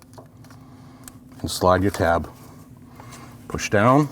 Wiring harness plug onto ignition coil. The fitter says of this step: As you're putting it down, just gives you a little bit more room. Listen for that click.